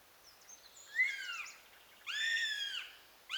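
Eurasian goshawk giving drawn-out, downslurred wailing calls with a nasal, harmonic tone: a shorter call, then a longer wail, and the start of another at the end.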